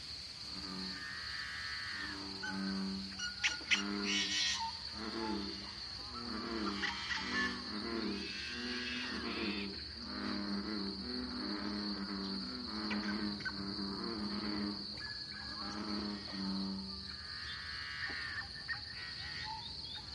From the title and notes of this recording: This lively dawn chorus was recorded in a small pothole coulee in Eastern Washington, one of the numerous Seep Lakes of the Channeled Scablands. This is the Columbia Plateau, a large basalt flow cut through by the Columbia River. This is a true Dawn chorus.